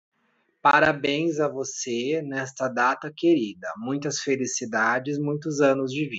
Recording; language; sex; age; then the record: short text; Brazilian Portuguese; male; 30 to 39 years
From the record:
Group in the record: control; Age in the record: 32 years